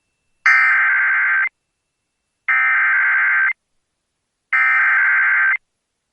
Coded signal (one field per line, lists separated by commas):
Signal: Emergency Alert System (SAME) tones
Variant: header bursts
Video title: Upland South, Anyone? | EAS Alerts from May 7th, 2023 (EAS #2483-2508)